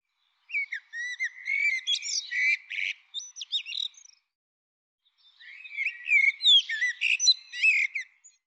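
Bird song: two busy phrases of sliding whistles and rapid chirpy notes, with a silent gap of about a second between them.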